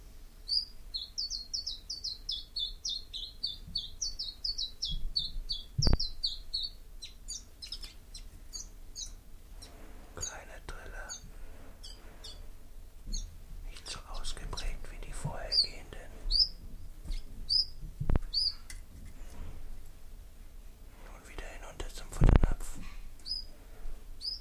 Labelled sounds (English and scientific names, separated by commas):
Common Chiffchaff (Phylloscopus collybita) song